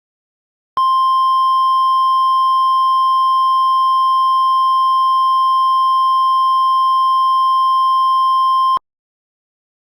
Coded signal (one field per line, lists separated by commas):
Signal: Emergency Alert System (SAME) tones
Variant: 1050 Hz attention tone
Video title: EAS Warning: “Are You Even Real?”